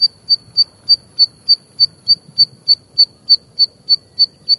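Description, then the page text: Zitting cisticola calling: sharp, high single ticks repeated steadily about three times per second. Japanese subspecies brunniceps, recorded in Japan; call a single 'di' note, sometimes given continuously. "棕扇尾鶯. Teruo Furushima, Wild Bird Songs in Japan, 日本 單音的「的」，有時會連續發出 (連結為日本亞種 brunniceps)"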